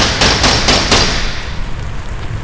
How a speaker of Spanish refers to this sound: La princesa, armada de valor, llama a la puerta.